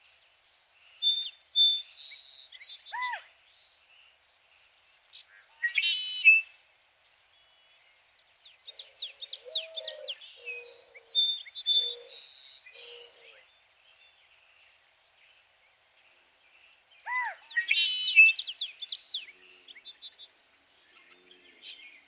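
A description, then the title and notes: Dawn birdsong at Sauvie Island comes in bursts of bright chirps, whistles and trills, with low frog-like croaks between about nine and thirteen seconds. Dawn, just before a summer sunrise at Sauvie Island Wildlife Area... blue quail, ring neck doves, redwing blackbirds, bull frogs, pacific chorus frogs.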